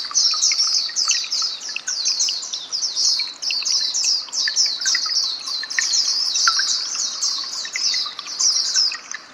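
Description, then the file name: White-eye twittering: steady, high-pitched chatter of quick chirps and trills, with softer lower notes scattered underneath throughout. "mata puteh"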